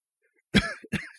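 Two short, harsh coughs about a third of a second apart, from an adult man in a quiet room.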